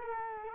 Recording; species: mosquito wingbeat signal from an infrared sensor; Culex quinquefasciatus